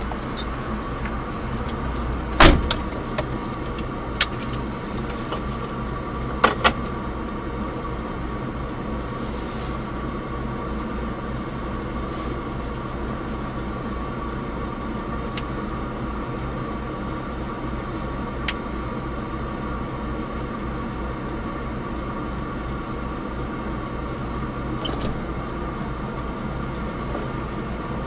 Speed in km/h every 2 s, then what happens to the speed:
0, 0, 0, 0, 0, 0, 0, 0, 0, 0, 0, 0, 0, 0.
0-28 standing.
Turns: none.